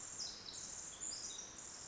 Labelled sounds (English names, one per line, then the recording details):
Pacific Wren
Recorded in Sonoma County, California